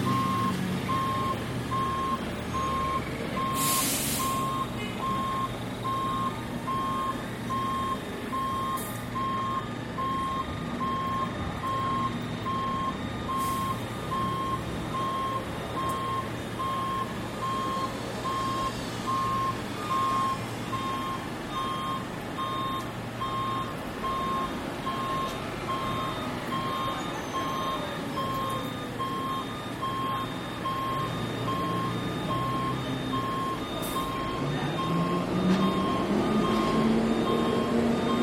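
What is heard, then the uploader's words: Steady alarm tones sound at a railway station, a high dashed beeping repeating regularly through the whole stretch over a constant low rumble of machinery. Brief hissing bursts cut in every few seconds, and near the end a rising engine whine grows louder. Alarms at Kings Cross Thameslink.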